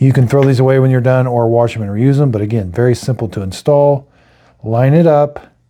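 Someone talks while a disposable plastic drain-cleaning wand for a FlexiSnake Drain Weasel sink cleaner is lined up with its yellow rotating handle, ready to be pushed down into it. The speech pauses briefly around 4.0 to 4.6 s, then resumes. Nothing has seated or clicked yet.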